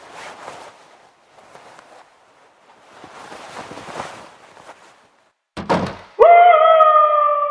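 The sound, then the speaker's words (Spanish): Soft shuffling and rustling give way to a sudden, heavy apartment door slam as someone leaves, followed at once by a loud, sustained mournful howl from a bedroom in the flat, holding a steady, wavering pitch until the end. “Apenas se oyó el portazo que indicaba la salida de David, un aullido lastimero procedente de la habitación de la abuela”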